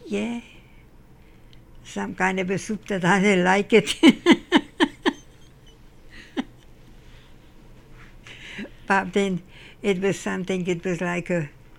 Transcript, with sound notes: Yeah. Some kind of a soup, but I didn't like it.. (Laughs) But then, it was something, it was like a...